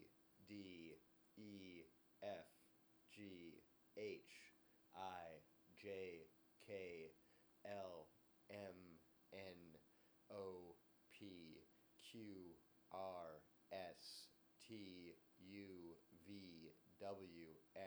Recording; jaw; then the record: letters of the alphabet, spoken; free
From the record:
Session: seven days later